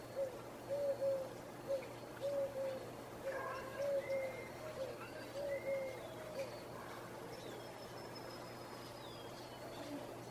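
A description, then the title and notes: Early morning outdoors from a balcony above a village walkway, with a dove cooing low and repeatedly through the first six seconds. Brighter birdsong chirps and whistles scatter over the top, while a steady low hum and faint background murmur run throughout. Sounds from the Narrowest Main Street in the World. Early morning on the balcony overlooking what’s recognized to be the narrowest main street in the world – the Placencia Sidewalk in Belize.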